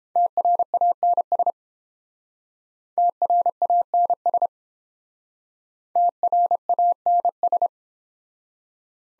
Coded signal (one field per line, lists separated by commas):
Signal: Morse code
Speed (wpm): 30 wpm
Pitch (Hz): 700 Hz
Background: none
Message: TRANS TRANS TRANS